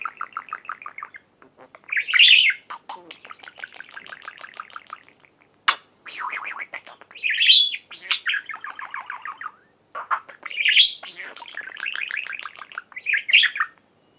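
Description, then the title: Budgerigar warble, a long run of rapid buzzy pulses broken by sharp squeaks and clicks, repeating in bursts over the whole stretch. "Budgie Sounds"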